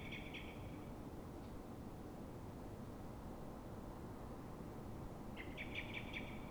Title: Pl. de Francisco Escolar, 10, 28944 Fuenlabrada, Madrid, España - Mirlo asustado